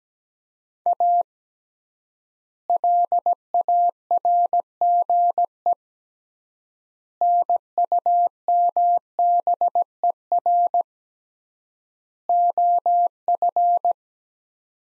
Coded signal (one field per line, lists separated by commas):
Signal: Morse code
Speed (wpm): 17 wpm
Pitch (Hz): 700 Hz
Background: none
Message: A LARGE NUMBER OF